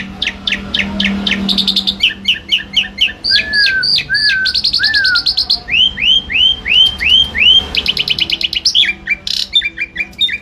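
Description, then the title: Asian pied starling song, a lively mix of quick descending notes, short trills and repeated upslurred whistles, with a faint low hum underneath. Bird singing actively, used as tutor audio for training pet birds. "Jalak Suren Gacor full"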